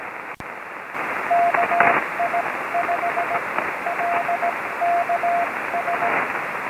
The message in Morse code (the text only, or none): KI5LKS